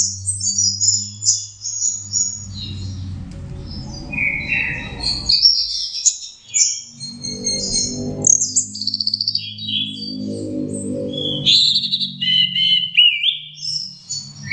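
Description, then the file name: Orange-headed thrush, a vigorous varied song of high whistles, trills and chattering notes, accompanied by noticeable low humming and rumbling noise. Masteran (training) song of orange-headed thrush. "suara masteran anis merah"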